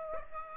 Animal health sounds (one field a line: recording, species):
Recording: mosquito wingbeat signal from an infrared sensor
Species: Aedes aegypti